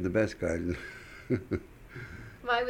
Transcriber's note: laughs